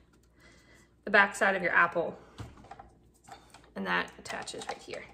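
Someone talks while handling the peeling blade arm of a hand-crank apple peeler/corer near its mount at the bottom of the frame, with faint, brief handling taps around 2.4, 2.7, 2.8, 3.5 and 3.6 seconds. The blade arm has not seated or clicked into place yet.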